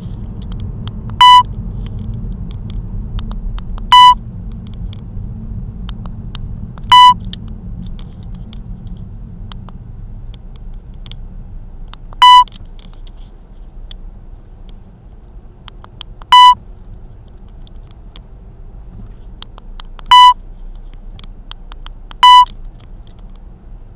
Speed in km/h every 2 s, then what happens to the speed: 31, 27, 25, 20, 12, 6, 5, 7, 7, 5, 6, 6.
0-10 slows to 6. 10-24 steady at about 6.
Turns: none.